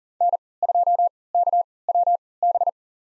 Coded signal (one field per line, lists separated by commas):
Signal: Morse code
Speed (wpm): 40 wpm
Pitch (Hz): 700 Hz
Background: none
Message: N2KWB